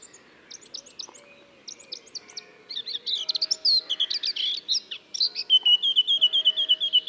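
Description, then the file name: Eurasian blackcap song starting with faint high ticking notes, building into a busy scratchy warble and ending in a rich string of fluty whistles. "Sylvia atricapilla"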